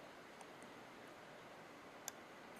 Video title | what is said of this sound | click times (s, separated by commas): Hitting Outerspace with the Sunbox Moonraker Prototype 1.26.16 | and you turn it to the left, you can actually hear it click | 2.1 s